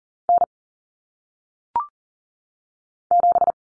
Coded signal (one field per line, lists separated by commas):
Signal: Morse code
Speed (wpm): 40 wpm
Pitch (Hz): 700 Hz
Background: none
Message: N 7